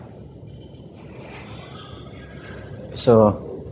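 A 2025 Chevrolet Traverse exterior door handle is handled at the car door after its retaining screw has been tightened all the way, with low background noise. Someone talks briefly, and a louder burst of sound comes near 3.0–3.3 s. Nothing has seated or clicked yet; the handle is not yet pressed home.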